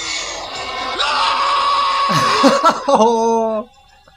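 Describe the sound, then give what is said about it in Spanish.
A stock movie scream: one loud, sustained, strained vocal shriek lasting a few seconds, wavering and breaking into choppy cries near the end before cutting off abruptly. “Entonces el tipo este habrá dicho, bueno, clavo este grito, o capaz que nada que ver, capaz que clavó el grito pegó, le dijeron en otra película, pegate el grito loco ese que pegaste en la película anterior, y fue.”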